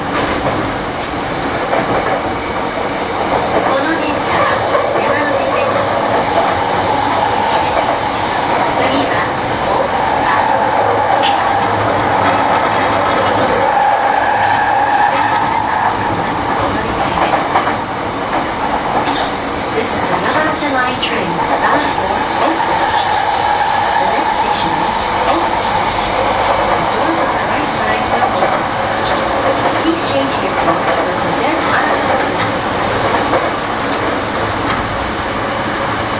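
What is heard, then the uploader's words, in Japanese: Running sound from inside a Yamanote Line E231 series train on the outer loop, a steady dense rumble and rattle that holds level for the whole stretch. Faint tonal whines come and go around 8, 14 and 24 seconds, with a murmur of voices underneath. E231系 山手線外回り01 東京～東京。2010年代当時山手線で主力車両だった、E231系山手線外回りを収録したものです。走行音。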